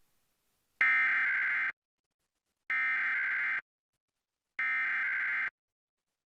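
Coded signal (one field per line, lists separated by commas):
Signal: Emergency Alert System (SAME) tones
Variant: header bursts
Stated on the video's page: Real EAS required monthly tests recorded off air from TV stations, some sent with a Sage Digital ENDEC encoder.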